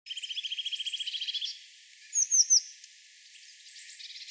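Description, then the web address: Eurasian blue tit giving a fast, buzzy trill of rapid repeated notes, then a few sharp, high downslurred notes and faint scattered chips. "SETE data Cyanistes caeruleus"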